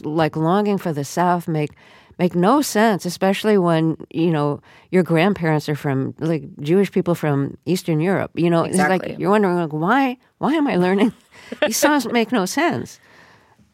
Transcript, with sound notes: Songs like "Longing For The South" make no sense, especially when, you know, your grandparents are from - like, Jewish people from Eastern Europe, you know?
Exactly.
It's, like, you're wondering, like, why am I learning...
(Laughter).
These songs make no sense.